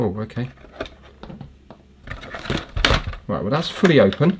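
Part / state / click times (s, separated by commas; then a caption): moving part locking into the gadget's housing / not seated / none. Someone talks while a repaired gadget's mechanism is driven fully open, with a few short, sharp ticks as the moving part is handled against the gadget's housing. The part has not locked into place yet; nothing has seated or clicked home.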